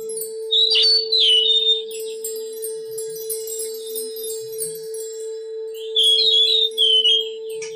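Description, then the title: Oriental magpie-robin delivering two phrases of clear, gliding whistles, one early and one late, with a quiet gap between and a steady background hum. Long-duration chirping. "Kicau Kacer Durasi Panjang 1jam Lebih"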